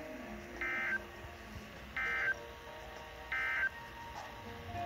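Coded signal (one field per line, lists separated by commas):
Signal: Emergency Alert System (SAME) tones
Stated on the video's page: Weather radio EAS alert for a Special Marine Warning involving waterspouts.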